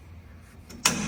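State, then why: Seated. A freshly notched and cleaned-up steel tube is pressed into position against the bumper tube of a DIY Toyota Hilux tube bumper frame. After quiet low rumble and a faint tick at 0.7 s, a sharp metallic snap rings out at 0.9 s with a short bright decay. The tube has seated in place with a perfect fit.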